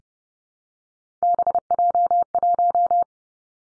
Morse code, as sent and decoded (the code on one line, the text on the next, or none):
-... .--- .----
BJ1